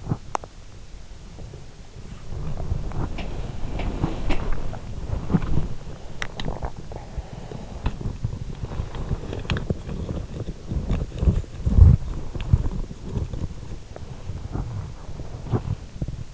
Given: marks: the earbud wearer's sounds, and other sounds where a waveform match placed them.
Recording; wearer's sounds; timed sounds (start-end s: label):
sounds in sleep by an in-ear microphone; teeth grinding, body movement
0.00-0.66 s: teeth grinding
2.00-16.34 s: body movement
6.14-6.72 s: teeth grinding
7.70-8.10 s: sound from someone else or the room
8.64-9.89 s: teeth grinding